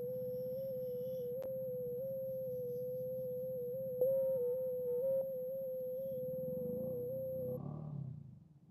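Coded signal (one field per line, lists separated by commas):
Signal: FT8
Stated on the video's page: Live FT8 during a POTA park activation using secondhand QRP radios bought at a hamfest.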